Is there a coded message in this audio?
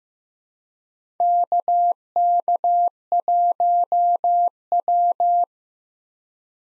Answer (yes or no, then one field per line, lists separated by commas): yes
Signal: Morse code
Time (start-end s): 1.2-5.4 s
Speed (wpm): 15 wpm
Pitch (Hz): 700 Hz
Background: none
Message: KK1W